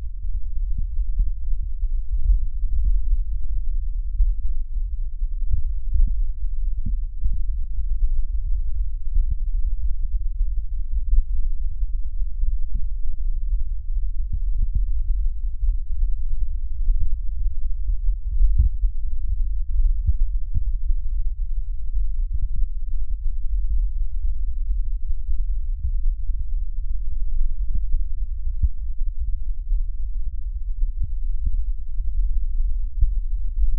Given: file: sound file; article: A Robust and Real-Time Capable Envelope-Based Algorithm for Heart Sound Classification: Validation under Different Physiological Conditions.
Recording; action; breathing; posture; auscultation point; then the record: heart sounds by electronic stethoscope; rest; normal; sitting; left side of the back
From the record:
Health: healthy, no known heart disease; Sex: male